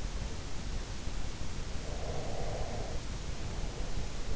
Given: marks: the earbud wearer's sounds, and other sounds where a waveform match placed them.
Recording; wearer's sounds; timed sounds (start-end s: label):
sounds in sleep by an in-ear microphone; breath
1.79-4.11 s: breath